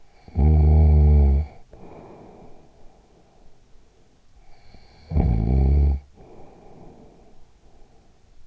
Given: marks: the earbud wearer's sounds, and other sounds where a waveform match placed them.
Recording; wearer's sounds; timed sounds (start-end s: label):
sounds in sleep by an in-ear microphone; snoring breath
0.15-4.10 s: snoring breath
4.58-8.47 s: snoring breath